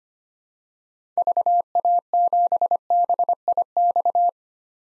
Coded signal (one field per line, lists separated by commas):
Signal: Morse code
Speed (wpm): 25 wpm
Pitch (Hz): 700 Hz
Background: none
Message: VA7BIX